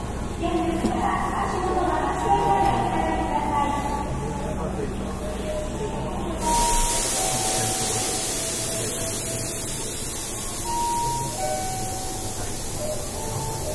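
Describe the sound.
Riding a Nankai 8300 series airport express train, a steady low rumble runs throughout with murmuring voices mixed in. Around six seconds a bright hiss rises and stays. Short, thin whining tones sound near 2, 7 and 11 seconds.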